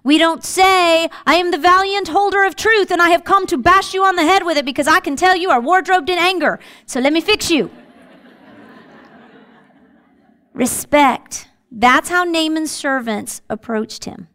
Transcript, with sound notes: We don’t say, “I am the valiant holder of truth, and I have come to bash you on the head with it because I can tell you are wardrobed in anger, so let me fix you.” (Laughter) Respect. That’s how Naaman’s servants approached him.